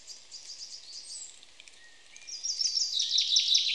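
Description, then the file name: Common chaffinch: a short run of high repeated notes, a brief lull, then a vigorous burst of rapid trilled notes running to the end. "Fringilla coelebs"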